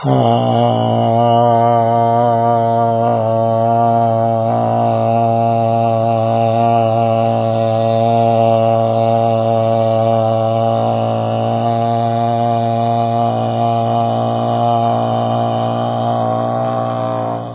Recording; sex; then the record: sustained vowel /a/; male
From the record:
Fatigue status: fatigue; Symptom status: symptomatic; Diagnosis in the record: COVID-19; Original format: 3gp